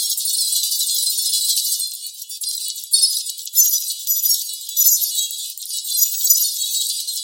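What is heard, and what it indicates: Synthetic tinnitus masking sound from a device: a 4k distractor masker track of high-pitched hissing noise with jingling, tinkling tones, all of its energy above about 2.5 kHz.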